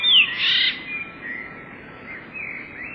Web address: wroblowe teka spiew. wroblowe teka modraszkoteka